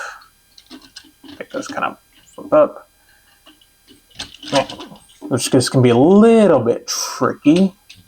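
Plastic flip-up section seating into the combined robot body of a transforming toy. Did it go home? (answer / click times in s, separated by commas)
no / none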